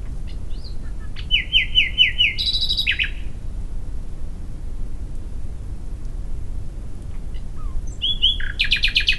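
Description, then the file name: Common nightingale singing varied phrases: a rhythmic series of repeated notes, fast buzzy trills, pauses, then more rapid rich phrases; steady low background noise. "Luscinia megarhynchos"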